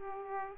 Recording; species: mosquito wingbeat signal from an infrared sensor; Aedes aegypti